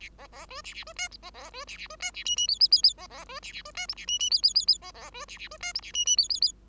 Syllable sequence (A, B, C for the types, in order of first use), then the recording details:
A B B C A A C D E B B C A A C D A F F G G G G B B C A A C D E A F F G G G G B B C A A C D E A F F G G G. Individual Bird5